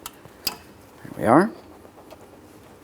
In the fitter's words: press it in. We'll listen for an audible click and make sure it's secure.